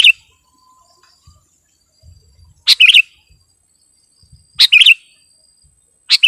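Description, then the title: Sooty-headed bulbul song: brief liquid phrases of a few bubbly notes, repeated several times about two seconds apart, with a faint thin high tone in the background. "kutilang"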